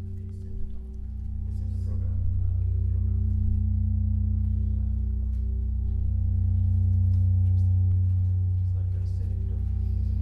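A resonant ambience dominated by a deep, steady hum layered with sustained ringing tones, like a bowl or gong left to sound. The drone swells gradually, peaking around seven to eight seconds, while faint clicks and brief murmurs flicker above it.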